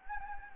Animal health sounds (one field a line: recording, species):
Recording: mosquito wingbeat signal from an infrared sensor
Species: Anopheles gambiae